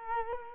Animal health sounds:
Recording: mosquito wingbeat signal from an infrared sensor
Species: Culex quinquefasciatus

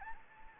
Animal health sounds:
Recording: mosquito wingbeat signal from an infrared sensor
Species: Anopheles gambiae

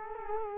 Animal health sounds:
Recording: mosquito wingbeat signal from an infrared sensor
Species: Culex quinquefasciatus

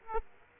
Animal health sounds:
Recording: mosquito wingbeat signal from an infrared sensor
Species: Aedes aegypti

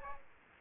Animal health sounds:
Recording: mosquito wingbeat signal from an infrared sensor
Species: Aedes aegypti

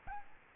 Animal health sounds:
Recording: mosquito wingbeat signal from an infrared sensor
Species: Aedes albopictus

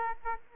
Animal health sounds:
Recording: mosquito wingbeat signal from an infrared sensor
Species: Aedes aegypti

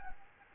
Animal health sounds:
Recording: mosquito wingbeat signal from an infrared sensor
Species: Anopheles gambiae

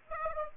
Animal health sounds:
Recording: mosquito wingbeat signal from an infrared sensor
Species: Aedes aegypti

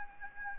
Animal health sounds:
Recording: mosquito wingbeat signal from an infrared sensor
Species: Anopheles gambiae

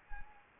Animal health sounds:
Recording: mosquito wingbeat signal from an infrared sensor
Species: Anopheles gambiae

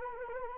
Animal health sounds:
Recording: mosquito wingbeat signal from an infrared sensor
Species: Anopheles arabiensis

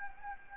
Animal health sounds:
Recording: mosquito wingbeat signal from an infrared sensor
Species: Anopheles gambiae

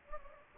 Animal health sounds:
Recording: mosquito wingbeat signal from an infrared sensor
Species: Anopheles gambiae

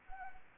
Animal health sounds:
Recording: mosquito wingbeat signal from an infrared sensor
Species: Anopheles arabiensis

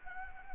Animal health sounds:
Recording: mosquito wingbeat signal from an infrared sensor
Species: Anopheles gambiae

